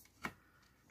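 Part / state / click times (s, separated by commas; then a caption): plastic craft piece into its holder / seated / 0.2 s. A plastic piece from a bead craft kit is pressed onto its mating part in its holder and snaps into place with a sharp click at 0.3 s. After a quiet stretch, more brief clacks follow near 0.9 s and 1.0 s. No one talks in the clip, and the piece is confirmed seated.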